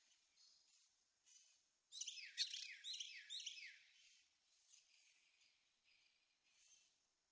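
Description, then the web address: Carolina wren song, a burst of about four loud, repeated rolling phrases in quick succession, followed by softer, faint high notes. "birdsongforthecurious. Carolina Wren"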